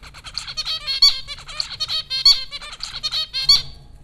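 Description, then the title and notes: Zebra finches giving continuous nasal beeping calls in a rapid, steady chatter over a faint low hum. Zebra finches recorded by Dan Bodah at Popcorn School, Flatbush, Brooklyn, New York, in April 2009. "Dronecast: The Popcorn Finches Four from Apr 15, 2009. Zebra finches recorded by Dan Bodah at Popcorn School, Flatbush, Brooklyn NY in April 2009"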